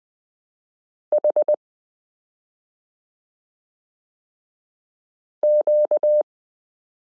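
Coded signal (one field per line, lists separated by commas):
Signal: Morse code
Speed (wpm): 20 wpm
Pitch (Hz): 600 Hz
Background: none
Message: HQ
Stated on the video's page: Morse listening lesson drilling letters and numbers, introducing the letter d.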